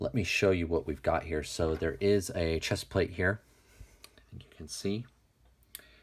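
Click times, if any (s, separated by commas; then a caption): 5.8 s. A plastic emblem is pressed onto the front of the chest plate of a Joy Toy Warhammer 40K Kastelan Robot action figure. Someone talks, then a few small clicks and handling sounds follow, and the emblem clicks into place at 5.8 s. It seats but sits a little loose and does not snap in as firmly as wanted.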